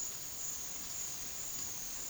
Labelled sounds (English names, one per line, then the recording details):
none
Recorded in pastures near Puerto Asís, Putumayo, Colombia, on 22 June 2025 at 13:00
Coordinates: 0.466, -76.322
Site GP07